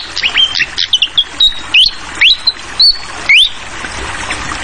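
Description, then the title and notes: Flycatcher song opening with quick high chips, followed by several sweet rising whistled slurs spaced about half a second apart, over a constant soft hiss. Called sikatan kipas, also sikatan londo; masteran tutoring recording for training songbirds, clear voice mixed with the sound of trickling water. "Masteran Sikatan Kipas Suara Jernih Dan Suara Gemericik Air. Suara Burung Sikatan Londo"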